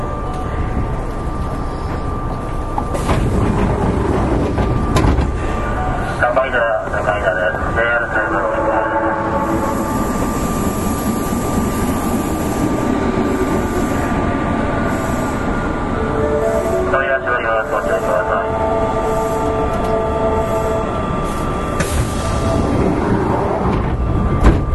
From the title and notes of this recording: 近鉄7000系(初期GTO) コスモスクエアから生駒まで. 近畿日本鉄道 7000系電車の走行音. 直通列車で録音しました。 Running sound of the Kintetsu Railway 7000 series train.